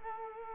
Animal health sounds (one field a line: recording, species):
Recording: mosquito wingbeat signal from an infrared sensor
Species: Culex quinquefasciatus